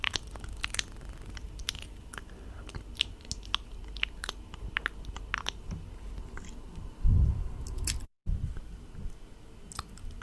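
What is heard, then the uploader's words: Close mouth sounds: wet clicks and smacks pop irregularly over a low, steady murmur, like chewing and biting. Around seven seconds a heavier low thump stands out, followed by a split-second gap of complete silence just after eight seconds. ASMR Heavenly Close MOUTH SOUNDS.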